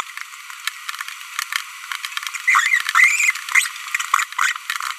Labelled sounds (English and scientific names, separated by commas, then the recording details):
Green-rumped Parrotlet (Forpus passerinus) babbling
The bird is a female
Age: 25 days
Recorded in a nest box in Venezuela
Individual 17B42B1